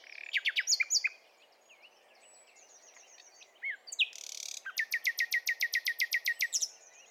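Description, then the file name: Common nightingale song phrases: rich chattering notes, a short buzzy burst, then a long series of loud, rapid, evenly repeated notes. "Luscinia megarhynchos"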